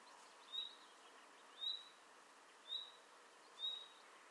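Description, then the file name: Common nightingale giving four thin, level whistled notes, each spaced about a second apart, quiet against steady background noise. "Luscinia megarhynchos"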